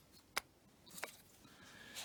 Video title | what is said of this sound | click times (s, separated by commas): MTM PF22 SNOW FOAM CANNON PRESSURE WASHER HOW TO FAULT FIND CLEAN REPAIR QWASHERS YOUTUBE01524241487 | and that just clicks in place from there onwards | 0.4 s